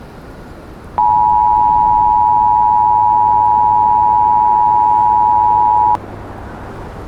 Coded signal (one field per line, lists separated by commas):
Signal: Emergency Alert System (SAME) tones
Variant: 853 and 960 Hz attention tone